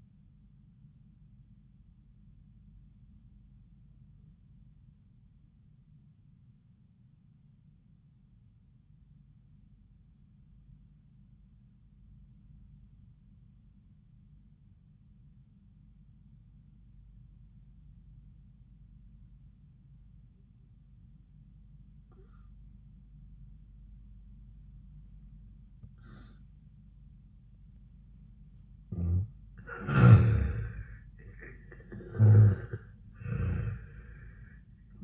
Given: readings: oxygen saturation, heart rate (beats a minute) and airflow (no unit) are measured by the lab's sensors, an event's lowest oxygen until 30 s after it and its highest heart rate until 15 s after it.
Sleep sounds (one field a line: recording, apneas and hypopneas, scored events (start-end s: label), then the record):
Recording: breathing in sleep by a smartphone at the bedside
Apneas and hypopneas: 1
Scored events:
3.00-29.40 s: obstructive apnea (N1, oxygen 97% highest, then 83% lowest)
4.00-34.00 s: new sleep stage, N2 (light sleep)
34.00-35.04 s: new sleep stage, N1 (lightest sleep)
From the record:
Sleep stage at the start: N1 (lightest sleep)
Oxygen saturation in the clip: 83 to 97%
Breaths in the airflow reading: 2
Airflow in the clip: -13.7 to 10.2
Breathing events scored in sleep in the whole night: 400 in 8.7 hours asleep